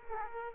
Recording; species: mosquito wingbeat signal from an infrared sensor; Aedes aegypti